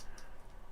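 A 3D-printed plastic bullet-shaped slider is pushed onto the tracks of a 3D-printed pen holder. A single short, bright click sounds at 0.2 s over a low background hiss. The slider seats on the track with one click.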